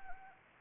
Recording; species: mosquito wingbeat signal from an infrared sensor; Anopheles arabiensis